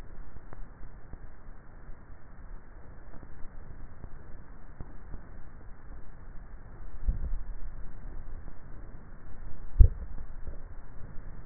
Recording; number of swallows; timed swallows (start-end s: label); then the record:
swallowing sounds by neck microphone; 1
6.82-7.55 s: swallow
From the record:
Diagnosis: dysphagia